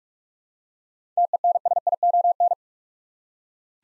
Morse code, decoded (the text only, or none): TENSION